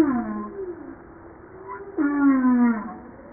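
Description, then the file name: Humpback whale song: a falling moan, a quiet interval, then a louder long moan sliding down in pitch, full of harmonics. Recorded 5 March 1994. "Baleine a bosse 940305"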